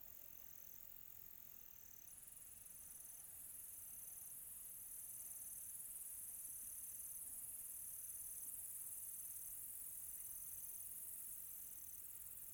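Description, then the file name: Cricket giving regular high chirps against a shrill, continuous insect chorus that swells after the first seconds. Quiet tropical night. "quiet tropical night with cricket"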